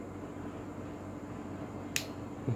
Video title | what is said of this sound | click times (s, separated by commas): Tutorial menggunakan kamera Canon 1300D - Review camera canon 1300D wifi | Berarti udah terkunci lensanya ya | 2.0 s